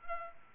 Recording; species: mosquito wingbeat signal from an infrared sensor; Culex pipiens